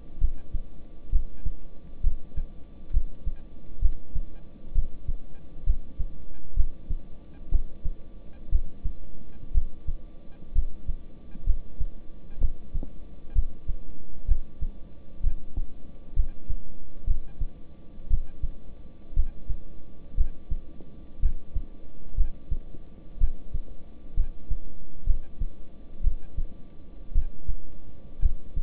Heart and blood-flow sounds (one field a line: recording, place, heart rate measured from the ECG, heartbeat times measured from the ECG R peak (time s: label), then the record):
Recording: heart sounds by stethoscope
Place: between the tricuspid and mitral areas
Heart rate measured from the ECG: 62 bpm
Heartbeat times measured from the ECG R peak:
0.19 s: heartbeat
1.10 s: heartbeat
2.01 s: heartbeat
2.91 s: heartbeat
3.80 s: heartbeat
4.73 s: heartbeat
5.64 s: heartbeat
6.54 s: heartbeat
7.49 s: heartbeat
8.49 s: heartbeat
9.52 s: heartbeat
10.53 s: heartbeat
11.44 s: heartbeat
12.39 s: heartbeat
13.33 s: heartbeat
14.26 s: heartbeat
15.21 s: heartbeat
16.14 s: heartbeat
17.05 s: heartbeat
18.08 s: heartbeat
19.14 s: heartbeat
20.15 s: heartbeat
21.20 s: heartbeat
22.15 s: heartbeat
23.18 s: heartbeat
24.14 s: heartbeat
25.04 s: heartbeat
26.01 s: heartbeat
27.12 s: heartbeat
28.20 s: heartbeat
From the record:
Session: rest, lying down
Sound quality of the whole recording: good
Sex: male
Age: 26 years